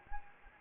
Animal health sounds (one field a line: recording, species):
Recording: mosquito wingbeat signal from an infrared sensor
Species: Anopheles gambiae